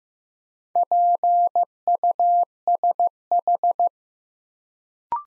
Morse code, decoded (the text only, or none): PUSH